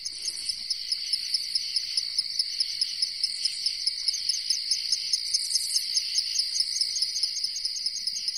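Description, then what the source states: Tinkling ground cricket song: light, high metallic tinks repeated steadily throughout. Calls day and night; calls faster when warmer; sound described as a light tink-tink.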